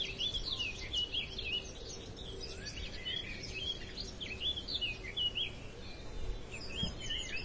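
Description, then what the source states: Mixed woodland birds singing together, a dense layer of high chirps, twitters and short whistles throughout, fairly quiet, with a soft background rumble. Dawn chorus in woodland.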